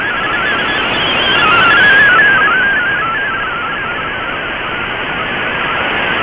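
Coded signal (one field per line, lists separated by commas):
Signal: multi-tone FSK (Olivia or MFSK type)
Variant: MFSK32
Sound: rapid warbling single tone hopping between pitches over hissy shortwave noise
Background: radio static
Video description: Here is my decode of the Shortwave Radiogram broadcast today on 11580Khz shortwave radio at 2300UTC in MFSK32 and with 5 SSTV images.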